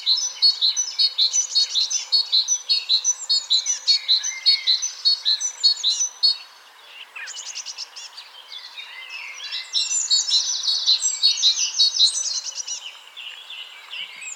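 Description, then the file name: Great tit calls, a dense run of quick high chirping notes repeated rapidly for about six seconds, a short pause, then another busy burst of similar notes. "Parus major"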